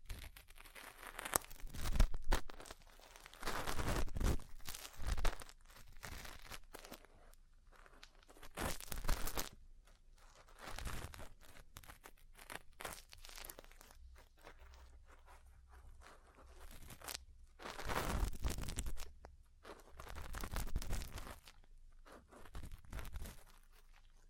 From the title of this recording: Ear Cleaning, Massage, Cupping, Tapping